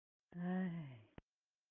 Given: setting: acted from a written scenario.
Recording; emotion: vocal sound without words; embarrassment